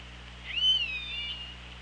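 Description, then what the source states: Orca call, one strong harmonic call that rises sharply, holds briefly and then wavers downward, against a steady background hum. OrcaLab hydrophone, 24 August 2017, 16:05.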